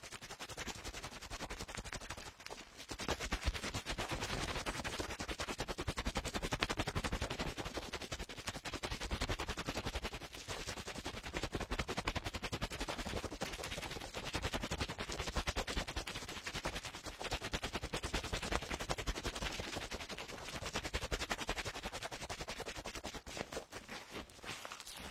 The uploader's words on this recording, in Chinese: 棉棒清理你耳朵里的脏东西。